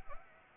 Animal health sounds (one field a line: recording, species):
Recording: mosquito wingbeat signal from an infrared sensor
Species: Anopheles arabiensis